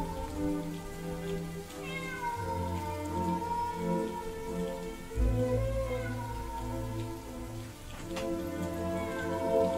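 A stray cat meows repeatedly at night in long, wavering, mournful cries over the steady hiss of falling rain and blowing wind, with low rumbling underneath and no voices.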